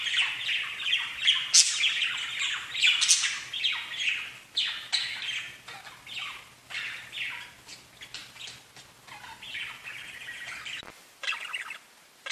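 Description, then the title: Budgerigar chatter, continuous scratchy warbling with squawks and rapid chirps, loud and busy, breaking off abruptly and followed by a few short bursts; a low hum underneath until the break. "Budgie Sounds"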